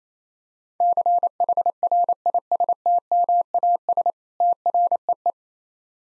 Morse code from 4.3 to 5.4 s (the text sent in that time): TREE